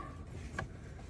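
A plastic clip on an aftermarket Akkon taillight for a 2010 Fusion is pushed into the rear light housing mount where the original brake light was. It resists at first, then seats with a single sharp click at 0.6 s, heard over steady low background noise.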